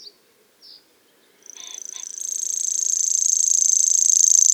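Grasshopper song: a rapid pulsed buzz begins after a short pause and swells louder, running steadily to the end.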